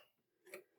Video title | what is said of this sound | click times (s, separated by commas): DIY Rack Mount Nas - The Complete Build | you hear the click and you can see that these have jumped into place | 0.5 s